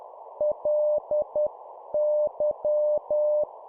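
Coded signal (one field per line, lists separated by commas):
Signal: Morse code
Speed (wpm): 10 wpm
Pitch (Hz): 600 Hz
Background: none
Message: LY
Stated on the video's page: Morse drill of two-letter words at 10 wpm.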